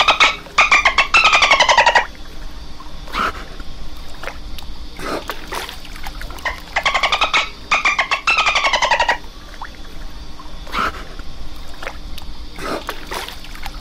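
Dolphin burst-pulse calls, long buzzy harmonic pulse trains in two main bursts, with scattered clicks and short squawks between them over low background hiss.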